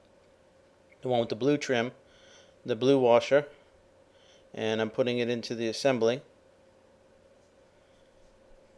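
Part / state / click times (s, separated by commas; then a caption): headlamp bulb into headlight assembly / not seated / none. A new headlamp bulb with a blue trim washer is being inserted into and lined up with the headlight assembly of a 2000 Dodge Caravan before it is pushed home. Someone talks in three bursts over a faint steady hum. Nothing has seated or clicked yet.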